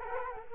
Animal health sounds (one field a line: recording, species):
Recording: mosquito wingbeat signal from an infrared sensor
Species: Culex quinquefasciatus